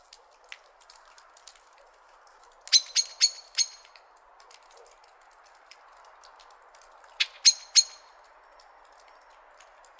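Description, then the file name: Common blackbird sharp clicking calls, two quick runs of three or four metallic chinks about four and a half seconds apart, then one more note at the end, over steady faint hiss. "Turdus merula"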